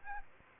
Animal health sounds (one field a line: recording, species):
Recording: mosquito wingbeat signal from an infrared sensor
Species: Aedes aegypti